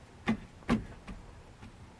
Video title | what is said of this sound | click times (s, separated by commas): 2 inch lift kit install on a 2003 WJ or grand Cherokee | yeah that just pops right into that pocket | 0.7 s